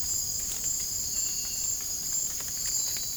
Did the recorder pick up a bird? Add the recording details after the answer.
no. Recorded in dense forest near Puerto Asís, Putumayo, Colombia, on 27 June 2025 at 01:00. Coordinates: 0.503, -76.323. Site G059